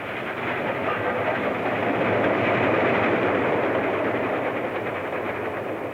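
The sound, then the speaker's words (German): A train carrying travellers rumbles past in a steady, dense roar with a faint rhythmic clatter of wheels on rails, swelling slightly in the middle and holding loud throughout, with no voices. “Ich schicke die Züge, die sie fortbringen, bald nach rechts, bald nach links.”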